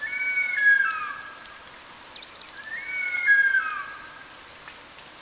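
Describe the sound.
Bird song: two clear whistled phrases, each gliding down in pitch, separated by a pause of about two seconds, over soft background hiss.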